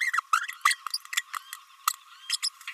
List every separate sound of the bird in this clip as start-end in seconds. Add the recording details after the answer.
0.00-0.12, 0.32-0.47, 0.65-0.78, 1.17-1.23, 1.87-1.93, 2.29-2.36, 2.42-2.49. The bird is a female. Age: 29 days. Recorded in a nest box in Venezuela. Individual 17B32A5